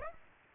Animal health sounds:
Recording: mosquito wingbeat signal from an infrared sensor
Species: Aedes aegypti

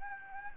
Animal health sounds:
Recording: mosquito wingbeat signal from an infrared sensor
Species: Anopheles gambiae

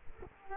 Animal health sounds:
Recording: mosquito wingbeat signal from an infrared sensor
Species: Culex quinquefasciatus

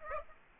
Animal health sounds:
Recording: mosquito wingbeat signal from an infrared sensor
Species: Aedes aegypti

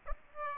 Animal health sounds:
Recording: mosquito wingbeat signal from an infrared sensor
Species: Aedes aegypti

